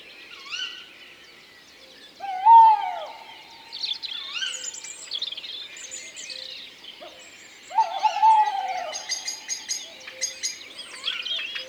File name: Chouette hulotte ABC des chants doiseaux